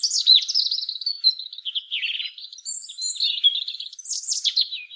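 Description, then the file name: European robin in dense song, opening with a loud descending warble and continuing in unbroken twittering and thin whistles. "Erithacus rubecula"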